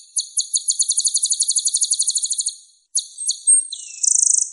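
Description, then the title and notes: White-rumped shama song with a long fast trill of high repeated notes, a brief pause, then a few varied notes and a short buzzy burst. Master song for training caged birds. "Masteran Murai Batu"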